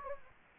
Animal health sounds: mosquito wingbeat signal from an infrared sensor; Anopheles gambiae

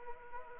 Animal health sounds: mosquito wingbeat signal from an infrared sensor; Anopheles arabiensis

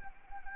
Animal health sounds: mosquito wingbeat signal from an infrared sensor; Anopheles arabiensis

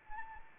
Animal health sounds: mosquito wingbeat signal from an infrared sensor; Anopheles arabiensis

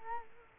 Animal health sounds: mosquito wingbeat signal from an infrared sensor; Culex quinquefasciatus

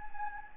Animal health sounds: mosquito wingbeat signal from an infrared sensor; Anopheles gambiae

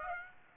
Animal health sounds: mosquito wingbeat signal from an infrared sensor; Aedes aegypti

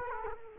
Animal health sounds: mosquito wingbeat signal from an infrared sensor; Culex quinquefasciatus

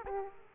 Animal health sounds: mosquito wingbeat signal from an infrared sensor; Aedes aegypti

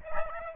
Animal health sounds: mosquito wingbeat signal from an infrared sensor; Aedes albopictus

